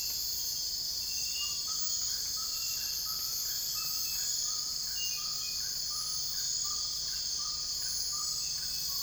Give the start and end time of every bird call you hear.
[1.30, 9.02] bird call

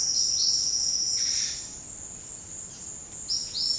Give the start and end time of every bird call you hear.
[0.13, 0.62] bird call
[3.25, 3.79] bird call

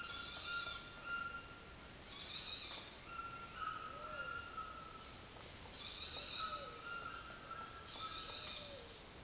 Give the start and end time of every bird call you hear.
[0.00, 5.16] bird call
[6.20, 8.93] bird call

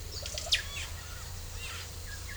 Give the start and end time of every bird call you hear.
[0.02, 2.37] bird call

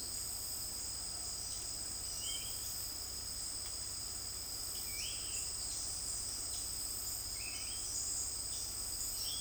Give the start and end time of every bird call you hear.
[2.13, 2.66] bird call
[4.64, 5.53] bird call
[7.29, 7.79] bird call

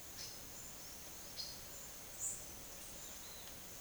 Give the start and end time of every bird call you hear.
[0.06, 1.64] bird call
[2.15, 2.48] bird call
[2.94, 3.54] bird call

